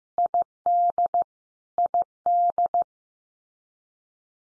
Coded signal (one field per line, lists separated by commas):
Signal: Morse code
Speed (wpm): 15 wpm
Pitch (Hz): 700 Hz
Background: none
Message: ID ID